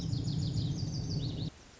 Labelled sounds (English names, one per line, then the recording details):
Lazuli Bunting
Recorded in Sonoma County, California